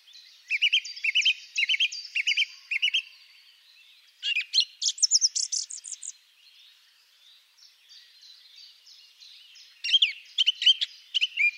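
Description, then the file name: Song thrush singing clear, varied phrases, each repeated several times: a rhythmic series of bright chirps, then shrill high notes, then further repeated figures after a soft interlude. "Grive musicienne"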